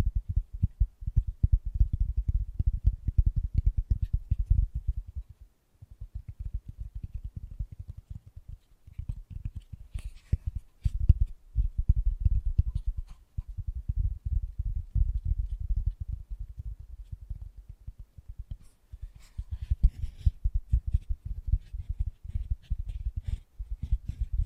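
Fast, gentle tapping runs almost continuously, a dense stream of soft, low knocks with only brief pauses near 5.5, 9 and 13 seconds. Faint crisp ticks and light scratchy sounds join in now and then, most noticeably around 10 to 12 seconds and 19 to 22 seconds.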